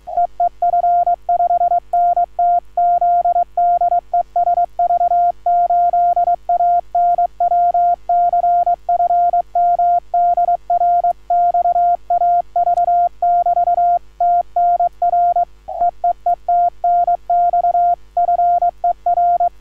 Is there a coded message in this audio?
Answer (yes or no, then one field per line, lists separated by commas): yes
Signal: Morse code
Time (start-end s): 0.2-19.5 s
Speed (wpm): 22 wpm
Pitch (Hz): 1400 Hz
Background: none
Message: EE F5NTZ DE SV8ANW CFM DR XAV <BT> TNR EEE TNX FER